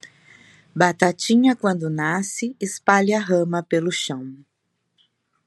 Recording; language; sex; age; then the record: short text; Brazilian Portuguese; female; 60 to 69 years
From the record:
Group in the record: control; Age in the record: 61 years